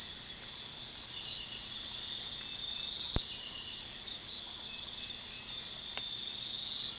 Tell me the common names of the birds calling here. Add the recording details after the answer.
none. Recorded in pastures near Puerto Asís, Putumayo, Colombia, on 19 February 2024 at 04:30. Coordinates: 0.468, -76.328. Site G6414